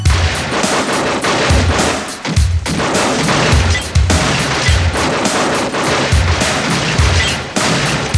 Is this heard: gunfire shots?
yes